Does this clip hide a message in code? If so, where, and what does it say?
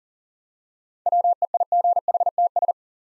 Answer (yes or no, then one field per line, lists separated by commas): yes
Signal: Morse code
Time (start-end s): 1.1-2.7 s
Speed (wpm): 40 wpm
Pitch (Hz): 700 Hz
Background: none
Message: WEIGHTS